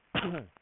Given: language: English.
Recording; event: throat vibration sensor signal played as sound; cough